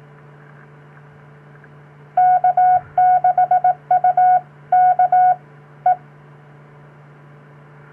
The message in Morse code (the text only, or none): K6UK E